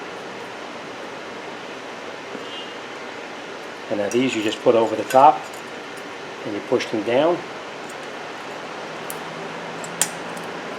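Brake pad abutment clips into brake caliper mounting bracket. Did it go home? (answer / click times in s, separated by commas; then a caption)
yes / 9.1 s, 10.0 s. Someone talks over a steady hiss while metal brake pad abutment clips are placed over the top of a new brake caliper mounting bracket on a 2007-2014 Chevy Silverado front brake and pushed down by hand. Two sharp clicks come at 9.1 s and 10.0 s as the clips snap into place and are seated in the bracket.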